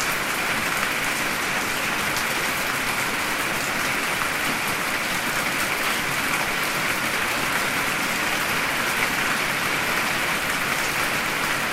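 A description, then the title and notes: Steady, dense rainfall hisses evenly throughout, a bright wash of countless drops at constant strength with no thunder or lulls. Sounds from a rainy evening in Denmark.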